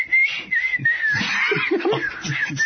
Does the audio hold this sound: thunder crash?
no